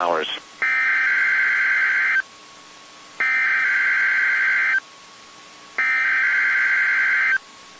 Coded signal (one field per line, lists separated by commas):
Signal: Emergency Alert System (SAME) tones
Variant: header bursts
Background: speech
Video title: WXL31 RWT (EAS #61)